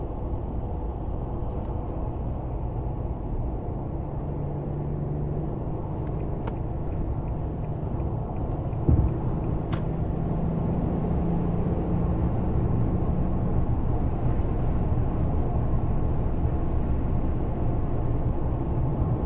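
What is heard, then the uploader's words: Driving sounds: a steady, dense low rumble of engine and road noise runs throughout with little change. A faint hum rises in pitch slightly midway, and a sharp thump lands near nine seconds, with a few light clicks scattered through. ROAD DRIVING AMBIENT NOISE SOUNDS. Driving sounds, with a focus on the sounds of the engine, the road, and the environment.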